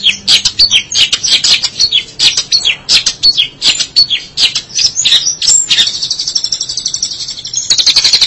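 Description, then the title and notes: Shrike song as a dense, varied chatter of sharp high notes and harsh squeaks, shifting near the end into a rapid, rattling trill. "Suara burung pentet"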